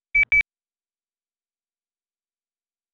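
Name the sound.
phone beeping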